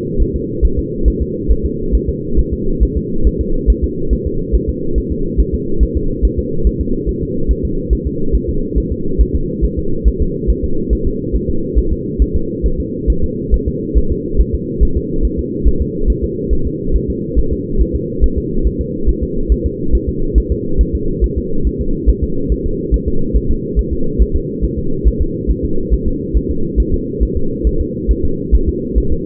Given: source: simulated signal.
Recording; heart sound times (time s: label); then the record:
fetal heart sounds
0.22 s: S1
0.36 s: S2
0.65 s: S1
0.79 s: S2
1.08 s: S1
1.22 s: S2
1.51 s: S1
1.66 s: S2
1.95 s: S1
2.09 s: S2
2.39 s: S1
2.53 s: S2
2.83 s: S1
2.97 s: S2
3.27 s: S1
3.41 s: S2
3.70 s: S1
3.84 s: S2
4.13 s: S1
4.27 s: S2
4.55 s: S1
4.69 s: S2
4.98 s: S1
5.12 s: S2
5.40 s: S1
5.54 s: S2
5.83 s: S1
5.97 s: S2
6.25 s: S1
6.39 s: S2
6.67 s: S1
6.81 s: S2
7.09 s: S1
7.23 s: S2
7.51 s: S1
7.65 s: S2
7.93 s: S1
8.07 s: S2
8.35 s: S1
8.49 s: S2
8.78 s: S1
8.92 s: S2
9.21 s: S1
9.35 s: S2
9.65 s: S1
9.79 s: S2
10.08 s: S1
10.22 s: S2
10.50 s: S1
10.64 s: S2
10.93 s: S1
11.07 s: S2
11.36 s: S1
11.50 s: S2
11.78 s: S1
11.93 s: S2
12.22 s: S1
12.36 s: S2
12.66 s: S1
12.80 s: S2
13.10 s: S1
13.24 s: S2
13.54 s: S1
13.68 s: S2
13.98 s: S1
14.12 s: S2
14.41 s: S1
14.55 s: S2
14.83 s: S1
14.97 s: S2
15.25 s: S1
15.39 s: S2
15.67 s: S1
15.82 s: S2
16.10 s: S1
16.24 s: S2
16.53 s: S1
16.67 s: S2
16.96 s: S1
17.10 s: S2
17.39 s: S1
17.53 s: S2
17.81 s: S1
17.95 s: S2
18.24 s: S1
18.38 s: S2
18.67 s: S1
18.81 s: S2
19.09 s: S1
19.23 s: S2
19.52 s: S1
19.66 s: S2
19.95 s: S1
20.09 s: S2
20.38 s: S1
20.52 s: S2
20.81 s: S1
20.95 s: S2
21.24 s: S1
21.38 s: S2
21.67 s: S1
21.81 s: S2
22.09 s: S1
22.23 s: S2
22.52 s: S1
22.66 s: S2
22.94 s: S1
23.08 s: S2
23.36 s: S1
23.51 s: S2
23.79 s: S1
23.93 s: S2
24.22 s: S1
24.36 s: S2
24.65 s: S1
24.79 s: S2
25.07 s: S1
25.22 s: S2
25.51 s: S1
25.65 s: S2
25.94 s: S1
26.08 s: S2
26.37 s: S1
26.51 s: S2
26.80 s: S1
26.94 s: S2
27.23 s: S1
27.37 s: S2
27.67 s: S1
27.81 s: S2
28.11 s: S1
28.25 s: S2
28.55 s: S1
28.69 s: S2
28.98 s: S1
29.12 s: S2
From the record:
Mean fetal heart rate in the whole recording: 140 bpm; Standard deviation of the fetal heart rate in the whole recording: 2 bpm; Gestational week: 34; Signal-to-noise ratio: -8.1 dB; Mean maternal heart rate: 72 bpm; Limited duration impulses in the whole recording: absent